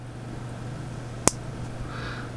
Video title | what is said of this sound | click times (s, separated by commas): Skyfall RDA by ESG (Esmokeguru) | So that's an air disc just going in. Can you hear that click? So that's it located. | 1.3 s